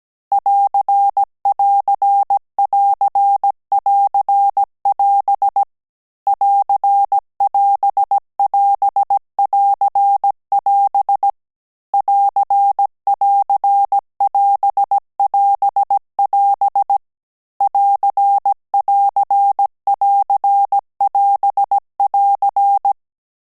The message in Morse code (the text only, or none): <AR><AR><AR><AR><AS> <AR><AS><AS><AR><AS> <AR><AR><AS><AS><AS> <AR><AR><AR><AS><AR>